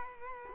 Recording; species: mosquito wingbeat signal from an infrared sensor; Culex quinquefasciatus